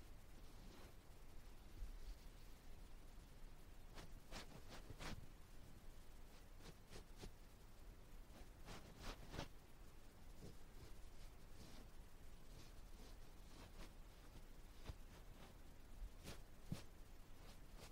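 Ear touching sounds: soft brushing and rubbing against the microphone, with a steady low rustle underneath. Sharp crisp taps and scratches pop out every second or so, clustering around four to five, eight to nine seconds, and again near sixteen seconds.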